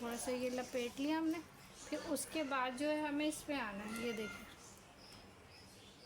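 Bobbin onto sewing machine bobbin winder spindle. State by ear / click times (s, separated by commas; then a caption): not seated / none. A bobbin, with thread already wrapped around it by hand, is moved into position on a sewing machine's bobbin winder spindle while a woman talks. The talk fills the first few seconds, then the handling is quiet. Nothing has seated or clicked yet; the bobbin is only lined up before being pushed home to lock.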